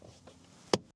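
A floor liner in a GMC Canyon Denali is pushed down onto the vehicle's second floor retention snap, which takes quite a bit of force. After quiet handling rustles, a single sharp snap at 0.7 s shows the liner seating firmly onto the snap.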